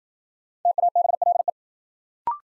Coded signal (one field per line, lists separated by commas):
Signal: Morse code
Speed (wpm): 53 wpm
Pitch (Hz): 700 Hz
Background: none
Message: TABLE